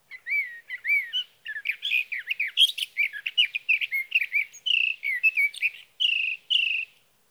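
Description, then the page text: Sage thrasher pouring out a long, rapid warbled song of varied slurred notes, ending with two drawn-out buzzy trills. Male singing through the night near his night roost, Sierra Valley, California, June 12–15, 2018, evening to morning; recorded with a Swift recorder. "Sage thrasher songs, through the night. For three nights, from the evening of June 12 to the morning of June 15, 2018, in Sierra Valley, California, I placed a Swift recorder near a male's night roost."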